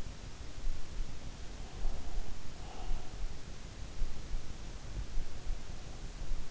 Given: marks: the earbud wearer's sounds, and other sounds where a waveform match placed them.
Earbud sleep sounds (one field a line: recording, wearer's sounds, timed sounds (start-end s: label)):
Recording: sounds in sleep by an in-ear microphone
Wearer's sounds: breath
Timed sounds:
1.50-3.48 s: breath